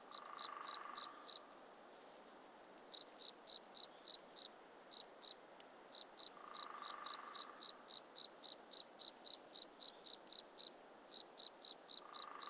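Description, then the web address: Crickets chirping in short high pulses, several a second in bursts with brief gaps, over a steady hiss and an intermittent low tone. "sound hlworld crickets woodpecker"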